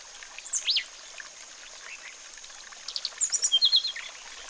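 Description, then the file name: Sulingan bird giving a few sharp high notes, then a quick burst of rapidly repeated chips near the end, over a steady hiss of running water. With flowing water, therapy recording. "terapi air mengalir burung sulingan"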